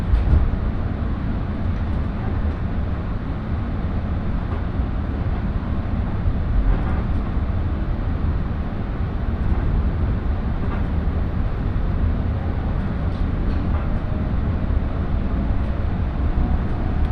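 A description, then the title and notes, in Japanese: Inside a moving train, a steady deep rumble fills the cabin, with faint clicks and brief rattles now and then over the constant low roar. しなの鉄道・北陸新幹線 小諸→上田→長野。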